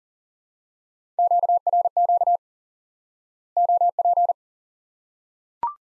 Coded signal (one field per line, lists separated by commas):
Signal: Morse code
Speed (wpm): 40 wpm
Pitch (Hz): 700 Hz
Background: none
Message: QRQ OP